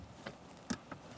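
The red plastic position-lock tab on a reconnected rear ABS wheel speed sensor harness connector in the passenger compartment of a 2007-2017 Jeep Patriot is pressed inboard to lock the connector. A sharp snap at 0.7 s marks the tab locking in, with fainter ticks around it at 0.3 s and 0.9 s. The connector is locked and looks good.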